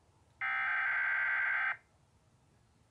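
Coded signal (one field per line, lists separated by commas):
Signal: Emergency Alert System (SAME) tones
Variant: header bursts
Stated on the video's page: Fake, self-made EAS test.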